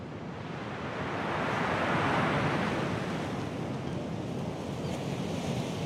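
Sea waves wash and splash against a rocky shore in a continuous broad rush, the surge swelling early on and then easing into a steady roar. No voices.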